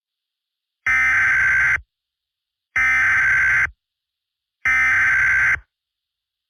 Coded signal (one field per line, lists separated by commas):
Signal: Emergency Alert System (SAME) tones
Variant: header bursts